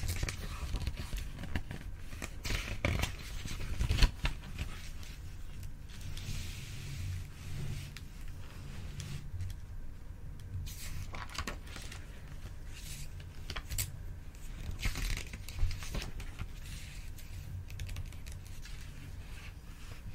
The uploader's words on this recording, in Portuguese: Aqui temos um ASMR brasileiro super relaxante com sons de folhas do lindo livro "Contos de Grimm".